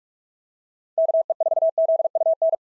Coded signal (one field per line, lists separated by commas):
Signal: Morse code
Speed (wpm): 45 wpm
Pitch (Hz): 650 Hz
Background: none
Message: KE4ZUN